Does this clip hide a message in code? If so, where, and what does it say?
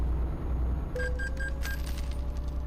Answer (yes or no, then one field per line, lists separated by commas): no